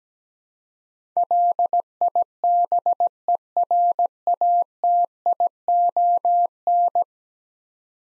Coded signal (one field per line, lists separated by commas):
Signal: Morse code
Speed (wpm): 17 wpm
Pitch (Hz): 700 Hz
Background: none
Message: LIBERATION